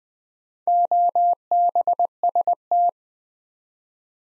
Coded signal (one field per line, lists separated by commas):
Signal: Morse code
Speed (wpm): 20 wpm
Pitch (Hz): 700 Hz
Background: none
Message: OBST